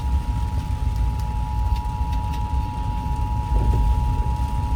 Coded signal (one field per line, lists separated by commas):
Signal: Emergency Alert System (SAME) tones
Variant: 853 and 960 Hz attention tone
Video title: EAS #108 - Tornado Warning